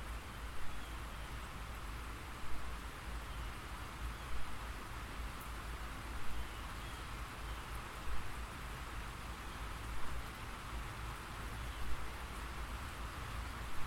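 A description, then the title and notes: Gentle rain falls in a steady, dense hiss that fills the whole clip, with a low rumble underneath. Slightly louder taps stand out about every two seconds, like drops striking a tin surface, while the patter in between stays even. Gentle Rain and Tin Sounds.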